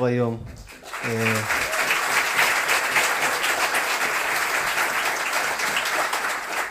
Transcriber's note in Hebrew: מחיאות כפיים